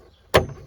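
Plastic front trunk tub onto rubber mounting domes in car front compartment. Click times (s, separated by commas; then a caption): 0.4 s. A plastic (PC/ABS) frunk tub resting on rubber domes in the front compartment under the hood of a BMW iX1 is pushed down hard by hand. It gives a single sharp, broadband snap at 0.4 s, followed by a brief low thud and quiet background. The tub has snapped into place on the rubber domes.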